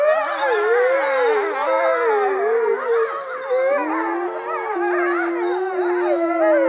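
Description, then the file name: Wolf: wolves howling together, several long wavering howls layered over one another, one voice settling into a steady held tone in the second half. A pack of wolves howling and grumbling. "Digiffects Sound Effects Library - Wolf Pack Howling and Grumbling"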